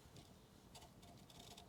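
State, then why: Not seated. While refitting the front brake pads and caliper carrier on a 2011 Ford Transit TDCi 2.2 diesel, a brake pad or pad clip is being handled and pushed toward the caliper carrier. Only quiet, steady low rustling with faint brief scraping is heard, and nothing has seated or clicked yet.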